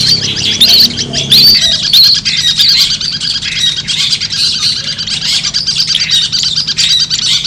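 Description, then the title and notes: Long-tailed shrike giving harsh, squawking chatter that opens with a few clear whistled notes, then runs on as fast scratchy phrases without pause. Competition-style song of the long-tailed shrike, locally called cendet, made as a training recording for birds and used as 'mental therapy' for cendet. "Suara Lomba untuk Terapi Mental Cendet. Masteran Burung Cendet"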